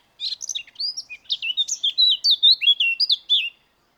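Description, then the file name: Eurasian blackcap singing a quick, varied warble of clear whistled phrases and short twangy notes, rising and falling, then stopping abruptly after about three and a half seconds. "Sylvia atricapilla"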